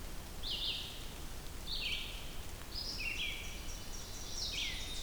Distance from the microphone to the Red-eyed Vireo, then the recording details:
about 35 m. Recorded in boreal forest in Alberta, Canada, on 2 June 2016 at 07:54. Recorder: SongMeter 3, array SBT-3-7. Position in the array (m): 75 m, 143 m